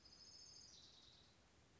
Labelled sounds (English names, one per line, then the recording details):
Orange-crowned Warbler
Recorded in Sonoma County, California